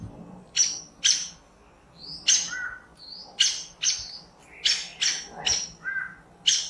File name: Canto do aracari banana